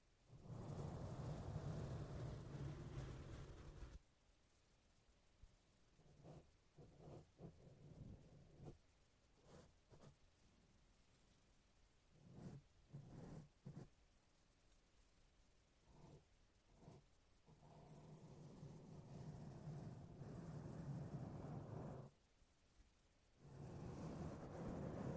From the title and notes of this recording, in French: ASMR - 30 minutes de brushing. Brushing sur le micro (avec et sans bonnette).